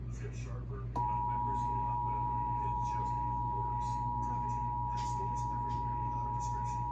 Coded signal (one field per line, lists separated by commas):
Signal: Emergency Alert System (SAME) tones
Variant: 853 and 960 Hz attention tone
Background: speech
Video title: Child Abduction Emergency on KTXD-TV (EAS #407)